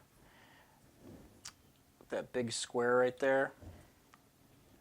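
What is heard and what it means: A plastic shin guard armor plate is being handled and fitted onto a model knight's leg at the big square peg. Someone talks while small ticks and faint handling clicks are heard. The plate has not seated or clicked into place yet.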